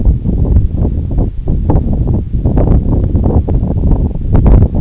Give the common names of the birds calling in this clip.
none